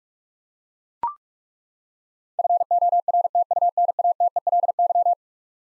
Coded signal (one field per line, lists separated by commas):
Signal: Morse code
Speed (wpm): 41 wpm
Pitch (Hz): 700 Hz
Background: none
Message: FORTUNATELY